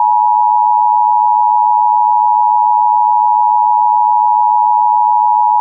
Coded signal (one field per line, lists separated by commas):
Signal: Emergency Alert System (SAME) tones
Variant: 853 and 960 Hz attention tone